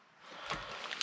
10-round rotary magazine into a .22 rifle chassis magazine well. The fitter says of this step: uh yeah drop three a little click this is this is gonna be sweet I